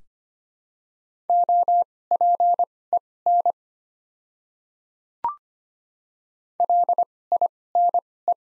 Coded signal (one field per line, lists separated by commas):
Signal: Morse code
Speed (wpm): 25 wpm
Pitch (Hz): 700 Hz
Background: none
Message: OPEN LINE